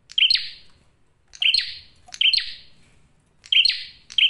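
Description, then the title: Prinia uttering several strong chirps with buzzy trailing rasps, separated by pauses. Male singing loudly and clearly; used to lure birds and attract females. "PRENJAK JANTAN GACOR SUARA JERNIH, RAPET. " COCOK UNTUK PIKAT MAUPUN PANCINGAN BETINA "."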